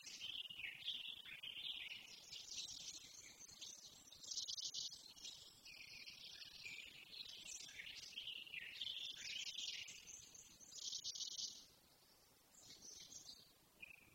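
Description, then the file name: Eurasian blackcap song, dense warbling phrases in bursts of high notes with brief pauses, fading near the end. "Sylvia atricapilla"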